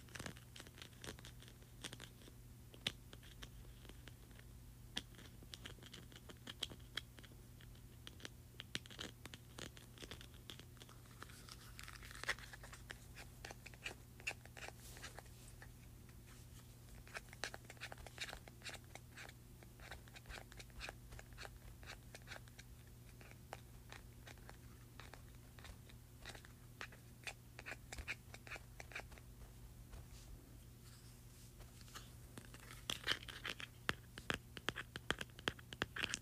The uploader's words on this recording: ASMR Mini Hand Sanitizer.